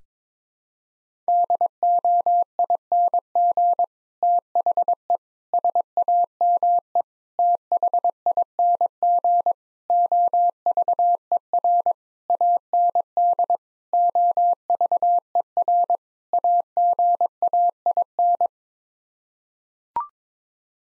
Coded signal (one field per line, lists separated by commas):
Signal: Morse code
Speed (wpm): 21 wpm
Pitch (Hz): 700 Hz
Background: none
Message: DOING THE SAME THING OVER AND OVER AGAIN